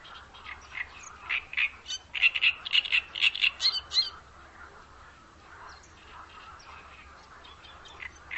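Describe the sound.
Bird calls: a burst of short, harsh, chattering notes in quick succession in the first half, then fainter scattered notes over a steady low hum.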